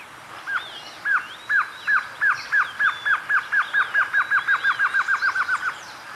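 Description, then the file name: Glossy antshrike song, a long series of around twenty downslurred notes that speeds up and tightens toward the end, with faint thin whistles of other birds behind. "Canto do choca dagua"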